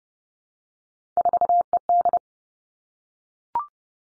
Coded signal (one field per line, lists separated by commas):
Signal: Morse code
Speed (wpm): 30 wpm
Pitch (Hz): 700 Hz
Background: none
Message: 4ED